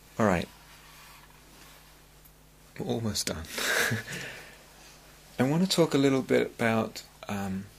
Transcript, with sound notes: All right. We're almost done. [laughs] I want to talk a little bit about --